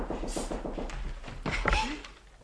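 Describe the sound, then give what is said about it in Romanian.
A count knocking on a door: a run of dull, muffled thuds followed by a couple of heavier, louder knocks, with a faint murmur of voices underneath. “Am pățit o domnul conte care bate la ușă și o să mă găsească aici.”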